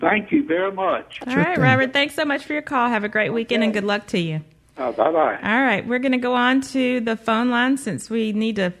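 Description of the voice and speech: Clear, fluent adult female speech with lively pitch: a radio host thanking and signing off a caller on a call-in health show, then moving on to the phone lines; ordinary voice quality.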